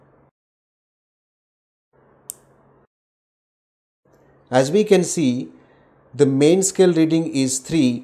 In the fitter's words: then gently rotate the ratchet until a click sound is hard